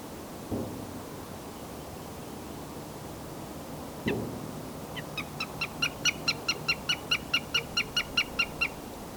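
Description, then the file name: Eurasian jay giving a quick run of ringing notes after two dull thumps, over low rumbling background noise. "Garrulus glandarius"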